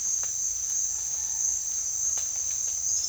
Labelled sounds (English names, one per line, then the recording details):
none
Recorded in secondary vegetation near Puerto Asís, Putumayo, Colombia, on 30 June 2025 at 13:30
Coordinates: 0.498, -76.327
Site GP09